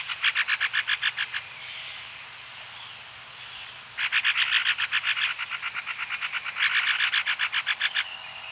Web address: Rusty-Cheeked Scimitar Babbler Chattering Call